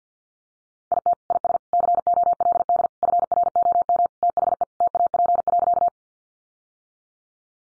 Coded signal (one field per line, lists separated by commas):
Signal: Morse code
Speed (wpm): 48 wpm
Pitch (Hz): 700 Hz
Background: none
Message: IT IS COLD FROM THE TAP.